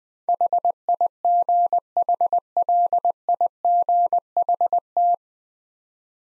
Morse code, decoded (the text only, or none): HIGHLIGHT